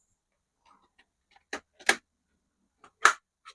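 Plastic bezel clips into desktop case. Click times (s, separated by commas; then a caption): 1.9 s, 3.1 s. The repaired plastic front panel of a Gateway FX desktop case is pressed around its edge so its plastic clips snap into the case. After a few faint ticks, sharp plastic clicks ring out at 1.9 s and 3.1 s as the clips click into place, and the panel is seated.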